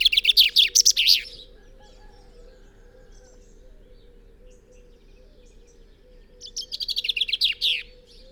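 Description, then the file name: Common chaffinch singing: the tail of one fast descending trill at the start, a quiet pause over a low wavering hum, then a second full trilled phrase ending in a flourish. "Fringilla coelebs"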